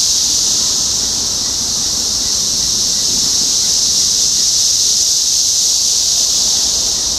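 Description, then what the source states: Cicadas in a loud, unbroken high buzzing chorus that holds steady throughout. Cicadas recorded in Topeka, Kansas, United States, on 14 June 2015.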